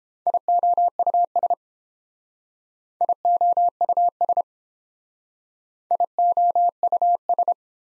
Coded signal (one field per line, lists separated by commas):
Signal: Morse code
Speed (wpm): 30 wpm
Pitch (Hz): 700 Hz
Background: none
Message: IOUS IOUS IOUS